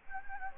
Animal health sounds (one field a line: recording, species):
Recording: mosquito wingbeat signal from an infrared sensor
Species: Anopheles gambiae